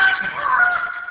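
Goose honk: a single drawn-out, nasal, trumpeting note lasting about a second and fading at the end.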